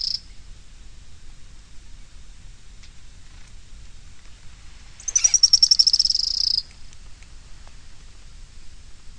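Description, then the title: Bird song: a brief high note, then after a pause a rapid trill gently descending in pitch for about a second and a half, over faint background noise. "LuckyPassaro Completos2Sama"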